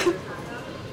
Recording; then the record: coughing mixed with background sound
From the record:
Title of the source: 61 morning phlegmy cough...again